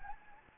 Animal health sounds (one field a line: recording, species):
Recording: mosquito wingbeat signal from an infrared sensor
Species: Anopheles gambiae